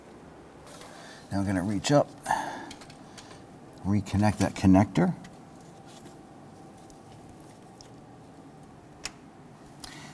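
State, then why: Seated. A plastic electrical connector for the downstream oxygen sensor on a 2006-2010 Hummer H3 3.7L L5 is reconnected by hand into the vehicle harness connector while someone talks. After some quiet handling noises, a sharp click at 9.1 s marks the gray locking tab snapping into place and the connector is seated.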